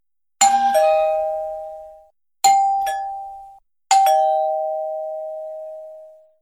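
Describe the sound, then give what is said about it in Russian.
A doorbell, its button pressed firmly, chimes three times, each a two-note ding-dong struck sharply and then ringing out in a long, fading tone, with brief silences between presses. No voices are heard. “Она решительно утопила кнопку звонка.”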